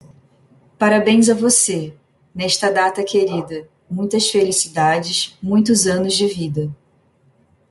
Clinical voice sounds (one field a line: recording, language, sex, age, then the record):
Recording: short text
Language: Brazilian Portuguese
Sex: female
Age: 30 to 39 years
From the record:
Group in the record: control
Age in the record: 36 years